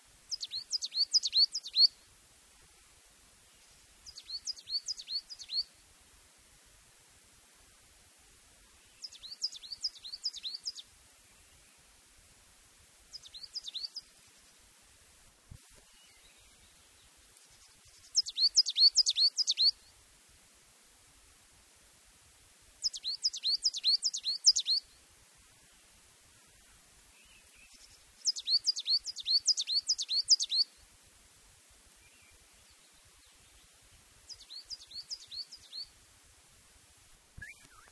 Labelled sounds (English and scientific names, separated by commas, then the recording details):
Coal Tit (Periparus ater)
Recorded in the wild
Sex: male
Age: adult
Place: Gräfenberg, Bayern, DE
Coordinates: 49.665, 11.2611
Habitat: forest
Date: 1963-04-21
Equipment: Nagra, AKG D19/200, Original, Vollspur
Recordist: Tretzel, Erwin
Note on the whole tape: Buchwald bei Gräfenberg: Tannenmeise: Schwirrgesang und Rufe (Drohtriller, "zitawizitawi...", "zitá zitä", "fsi-tä...")